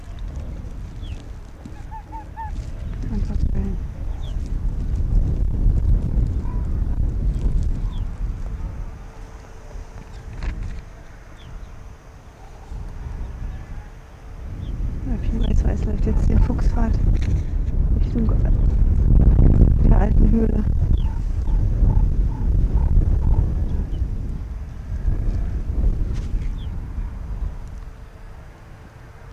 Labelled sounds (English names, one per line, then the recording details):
Arctic Fox
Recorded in the wild
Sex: pair
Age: adult
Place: Insel Mednyi, Kommandeur-Inseln, RU
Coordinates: 54.5167, 168.083
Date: 1999-07-11 18:45
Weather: 10°C, Westwind
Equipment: Sony WM-D6C, Sennheiser ME 80, K 30 AV, Windkorb, Kopie Sony TCD-D8
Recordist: Jakupi, Antje